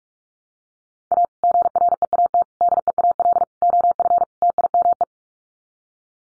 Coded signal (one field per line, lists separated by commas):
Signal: Morse code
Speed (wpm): 44 wpm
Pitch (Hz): 700 Hz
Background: none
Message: A GREAT DEAL OF TIME